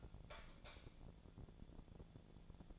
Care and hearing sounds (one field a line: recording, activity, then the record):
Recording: daily activity, microphone in the room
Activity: light off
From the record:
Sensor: 5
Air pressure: 1000.2 hPa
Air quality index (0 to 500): 99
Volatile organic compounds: 1 ppm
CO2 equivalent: 802 ppm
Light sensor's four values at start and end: 210/502/214/235 and 209/497/212/233